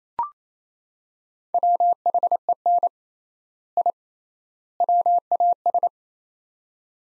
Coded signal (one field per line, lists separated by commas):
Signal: Morse code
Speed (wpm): 28 wpm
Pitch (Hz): 700 Hz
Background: none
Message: WHEN I WAS